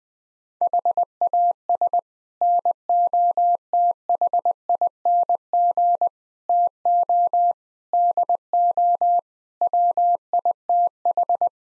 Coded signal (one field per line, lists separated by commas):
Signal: Morse code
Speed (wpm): 20 wpm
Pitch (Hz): 700 Hz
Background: none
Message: HAS NOTHING TO DO WITH